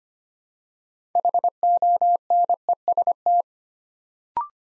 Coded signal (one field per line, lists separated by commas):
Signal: Morse code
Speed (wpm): 25 wpm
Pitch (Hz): 700 Hz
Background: none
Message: HONEST